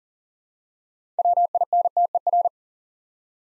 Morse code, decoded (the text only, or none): WINTER